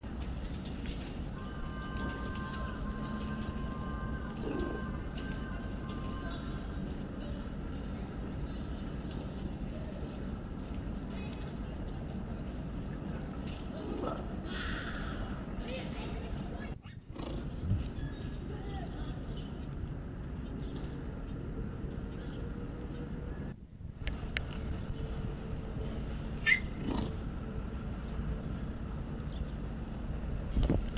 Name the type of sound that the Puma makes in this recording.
call